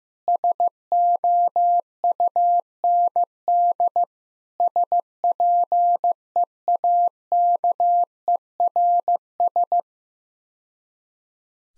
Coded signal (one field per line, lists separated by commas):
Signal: Morse code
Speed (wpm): 15 wpm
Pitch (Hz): 700 Hz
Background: none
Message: SOUND SPEAKERS